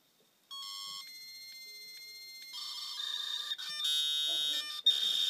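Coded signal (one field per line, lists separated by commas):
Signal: fax machine handshake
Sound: buzzy steady tones that change pitch, brief gaps, then harsh wideband hiss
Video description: while sending an old-school fax. Made for the young generation who don't know how a modem sounds like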